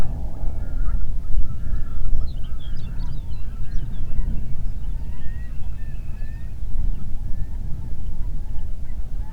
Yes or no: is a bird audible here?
yes